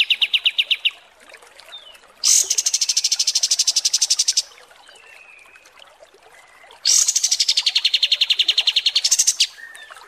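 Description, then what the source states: Kapas tembak: small bird song: a short lower trill, then two long bright high trills of rapid repeated notes separated by a pause with faint thin whistles. Masteran (song tutor) for training songbirds, kapas tembak song.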